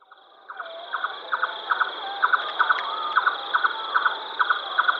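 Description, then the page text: Red-necked nightjar calling, a hollow knocking double note repeated rapidly after a quiet start, over a steady high hiss. "Red-Necked Nightjar Call. Quick Sounds"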